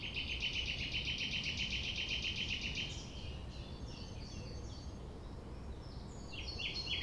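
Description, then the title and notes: Common nightingale song: a fast, steady buzzing trill of rapidly repeated notes for three seconds, followed by softer scattered chirps and a final louder phrase. Recorded at 6 a.m. at sunrise near the Thève river at Champ de Ménage; the nightingale sings without waiting for silence. "6 A.M. Lever du soleil non loin de la Thève au Champ de Ménage. Le rossignol n'attend pas le silence."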